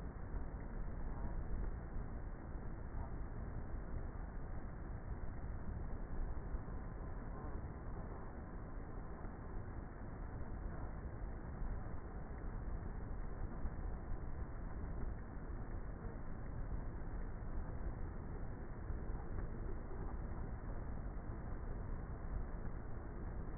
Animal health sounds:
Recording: honeybee colony, microphone inside the hive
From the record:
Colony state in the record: queenless with a low population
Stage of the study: before two queens were removed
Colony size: about 30,000 bees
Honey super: no

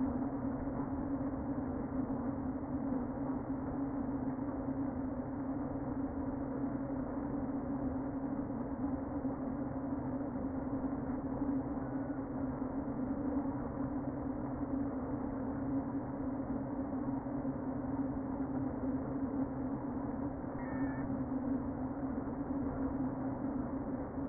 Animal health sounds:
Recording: honeybee colony, microphone inside the hive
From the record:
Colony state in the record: queen present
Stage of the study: before two queens were removed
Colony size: about 60,000 bees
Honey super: yes

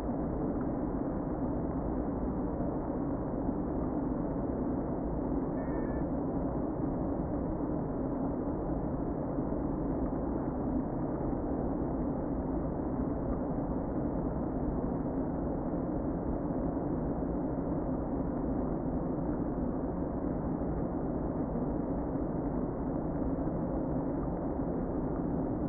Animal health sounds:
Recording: honeybee colony, microphone inside the hive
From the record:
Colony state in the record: queen present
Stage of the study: before two queens were removed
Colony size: about 60,000 bees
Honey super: yes

